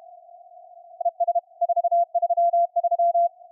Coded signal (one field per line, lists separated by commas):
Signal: Morse code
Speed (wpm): 35 wpm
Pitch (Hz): 690 Hz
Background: none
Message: ES 433